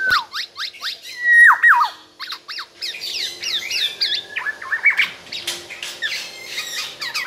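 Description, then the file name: Black-naped oriole song: quick rising and falling whistled notes mixed with a sustained wavering whistle, continuing as varied chattering phrases throughout. Singing persistently (gacor), repeatedly and nonstop, said to sing until exhausted. "BURUNG KEPODANG GACOR SAMPAI TELER"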